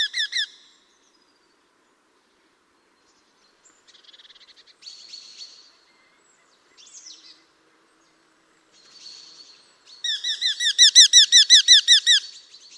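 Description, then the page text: Eurasian hobby giving a quick burst of ringing, repeated kew notes at the start and a longer loud run at the end, with faint buzzy chatter in between. "Patrik berg - Чеглок (Falco subbuteo)"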